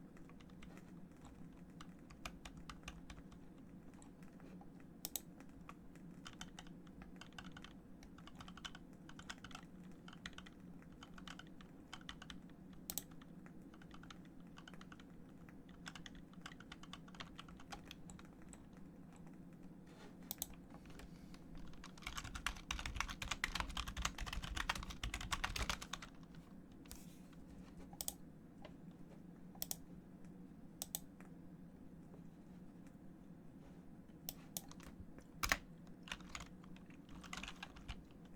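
Keyboard typing clicks away in irregular bursts over a steady low hum, with a few sharper, louder clacks standing out around 5, 13, 20 and 35 seconds. From about 22 to 26 seconds a denser, rougher rush of key and mouse noise swells up, then the sparse tapping resumes.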